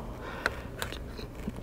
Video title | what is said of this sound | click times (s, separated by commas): 2013-2018 Ram Cummins EZX Installation | to unclick the safety latch and then disconnect that factory sensor | 0.5 s